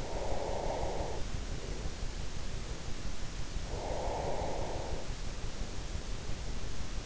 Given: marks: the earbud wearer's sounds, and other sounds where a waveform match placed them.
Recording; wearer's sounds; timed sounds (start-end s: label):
sounds in sleep by an in-ear microphone; breath
0.00-2.80 s: breath
3.74-6.22 s: breath